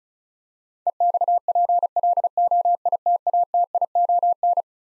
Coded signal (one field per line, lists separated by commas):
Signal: Morse code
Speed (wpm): 36 wpm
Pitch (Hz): 700 Hz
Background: none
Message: EXPLOITATION